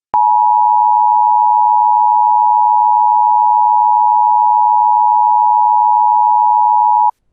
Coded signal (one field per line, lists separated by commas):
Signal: Emergency Alert System (SAME) tones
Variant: 853 and 960 Hz attention tone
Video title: EAS Scenario 20 Yellowstone Panty Eruption